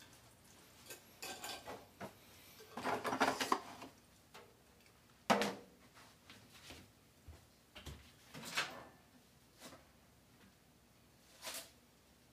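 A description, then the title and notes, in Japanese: Making a bento lunch: scattered clinks and scrapes of dishes and utensils, a busier clatter around three seconds, sharp knocks recurring every few seconds. お弁当作り。弁当箱はタッパーです。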